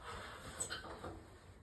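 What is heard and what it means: A plastic housing cover is handled and pushed into the body of an ELM2 emergency light fixture during a battery replacement, with quiet rubbing and handling noise and a couple of faint soft bumps. The clip ends before the cover goes home, so nothing has seated or clicked yet.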